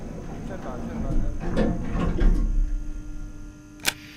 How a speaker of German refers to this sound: Professionell betrat ich den Aufzug, indem ich zuerst die Tür öffnete.